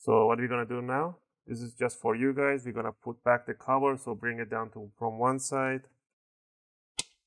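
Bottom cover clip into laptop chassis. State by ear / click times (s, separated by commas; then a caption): seated / 7.0 s. Someone talks while the plastic bottom cover of an Acer Aspire 5 A515-51-52BQ laptop, opened for a RAM upgrade, is lowered back on from one side. After a pause, the cover is pressed down and a short, sharp snap at 7.0 s marks a retaining clip seating into the laptop chassis.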